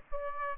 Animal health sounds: mosquito wingbeat signal from an infrared sensor; Aedes albopictus

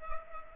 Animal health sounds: mosquito wingbeat signal from an infrared sensor; Culex pipiens

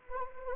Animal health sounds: mosquito wingbeat signal from an infrared sensor; Anopheles arabiensis

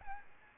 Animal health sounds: mosquito wingbeat signal from an infrared sensor; Aedes albopictus

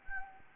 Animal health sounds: mosquito wingbeat signal from an infrared sensor; Anopheles gambiae

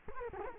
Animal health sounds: mosquito wingbeat signal from an infrared sensor; Culex quinquefasciatus

